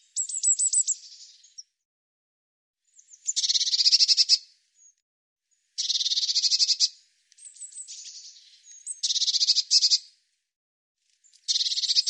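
Bird song with repeated high, buzzy trilled phrases, fast pulsing notes in close succession with short gaps, some phrases beginning with thin chattering notes.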